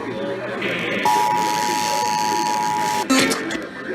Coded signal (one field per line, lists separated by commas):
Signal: Emergency Alert System (SAME) tones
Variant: 853 and 960 Hz attention tone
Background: speech